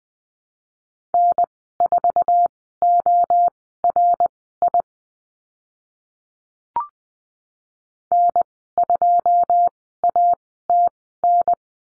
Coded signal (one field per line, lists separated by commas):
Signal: Morse code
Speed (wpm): 20 wpm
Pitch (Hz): 700 Hz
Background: none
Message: N4ORI N2ATN